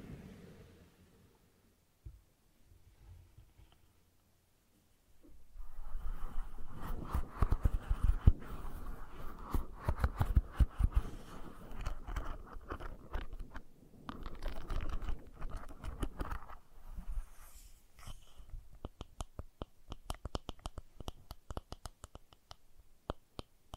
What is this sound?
ASMR Brushing and Scratching